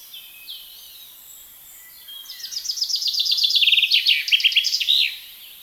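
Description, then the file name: Common chaffinch song: a quick run of repeated chipping notes falling in pitch, then a louder flourish; a few faint bird calls precede it. "Fringilla coelebs"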